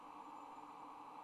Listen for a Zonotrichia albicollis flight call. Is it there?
no